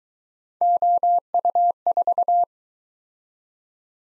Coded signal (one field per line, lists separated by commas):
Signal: Morse code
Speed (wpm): 22 wpm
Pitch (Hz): 700 Hz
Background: none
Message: OU4